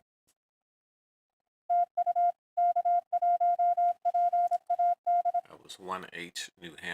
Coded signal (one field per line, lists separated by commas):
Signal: Morse code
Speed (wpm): 24 wpm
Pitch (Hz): 700 Hz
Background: speech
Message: TU K1PAD